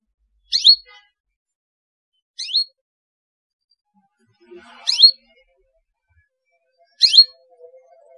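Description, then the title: Belgian canary giving sharp, sweeping chirps, four of them, spaced about two seconds apart in near silence. Belgian canary song played as a lure to stimulate young canaries into singing. "Canto Para Esquentar Canário Belga. CUITAN KENARI PALING AMPUH MERANGSANG BUNYI KENARI PAUD. PANCINGAN KENARI AGAR GACOR"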